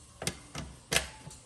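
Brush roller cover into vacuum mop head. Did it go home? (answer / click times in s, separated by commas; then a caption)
yes / 0.3 s, 1.0 s. A cleaned plastic brush roller cover is pushed back onto the head of a Tineco Floor One S5 PRO floor vacuum mop. Short plastic clicks are heard, with the part snapping into place at 0.3 s and 1.0 s, and a fainter tick between them. The cover is seated.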